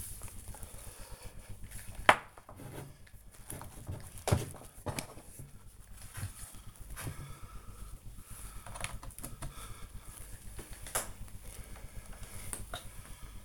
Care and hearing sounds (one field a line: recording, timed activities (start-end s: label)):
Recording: household activities, microphone on the right wrist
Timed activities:
0.00-7.49 s: cleaning the cupboard
10.51-13.45 s: cleaning the cupboard